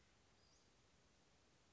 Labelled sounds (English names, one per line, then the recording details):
Western Flycatcher
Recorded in Sonoma County, California